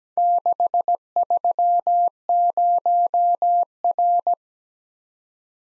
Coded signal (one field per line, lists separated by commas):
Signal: Morse code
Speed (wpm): 17 wpm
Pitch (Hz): 700 Hz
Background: none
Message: 630R